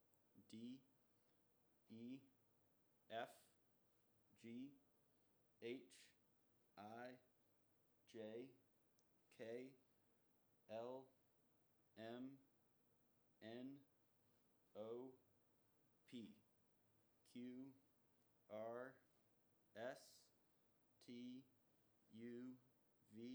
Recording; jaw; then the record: letters of the alphabet, spoken; free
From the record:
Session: first day, before the bite bar